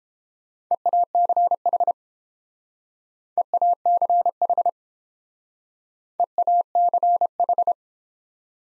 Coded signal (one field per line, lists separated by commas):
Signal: Morse code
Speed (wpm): 30 wpm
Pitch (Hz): 700 Hz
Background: none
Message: EACH EACH EACH